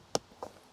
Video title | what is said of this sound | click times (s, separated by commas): Self-Inflating Mattress Review | you can hear it pop right there I'm going to do the same on this one | 0.1 s